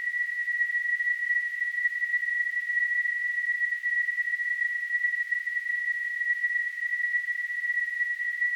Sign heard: Tinnitus.